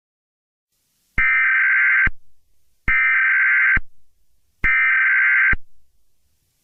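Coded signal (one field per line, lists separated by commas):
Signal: Emergency Alert System (SAME) tones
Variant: header bursts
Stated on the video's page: Fictional EAS scenario made with CapCut and other apps, not a real alert.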